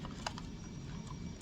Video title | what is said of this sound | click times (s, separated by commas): Unboxing HS 18431 #rc #rctruck | stay on here fairly good fairly well on its own accord you can hear the clicking when I put it down | 0.0 s, 0.3 s, 0.4 s